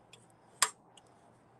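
A spark plug wire boot is pushed onto the top terminal of a lawn mower spark plug, and its metal clip snaps around the terminal with a sharp, bright click at 0.6 s. Faint small ticks come before and after it, at about 0.1, 0.3 and 1.0 s. The boot is seated on the plug.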